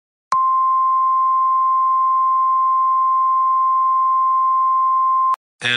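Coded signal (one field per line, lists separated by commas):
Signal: Emergency Alert System (SAME) tones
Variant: 1050 Hz attention tone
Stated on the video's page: Fictional EAS scenario about two hurricanes combining, not a real alert.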